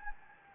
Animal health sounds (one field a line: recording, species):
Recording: mosquito wingbeat signal from an infrared sensor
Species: Anopheles gambiae